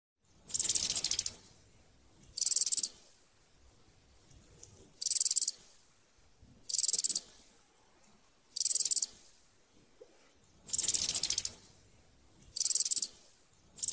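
Locust stridulation: short dry hissing buzzes of high pitch, about eight bursts repeated roughly every two seconds with silence between them.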